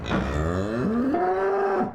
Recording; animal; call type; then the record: contact call of a hoofed animal; cattle; low-frequency (closed-mouth) or high-frequency (open-mouth) call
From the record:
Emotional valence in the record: negative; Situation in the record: full separation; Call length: 1.95 s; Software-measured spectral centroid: 1190 Hz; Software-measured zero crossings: 1100 a second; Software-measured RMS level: -24 dBFS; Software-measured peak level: -12 dBFS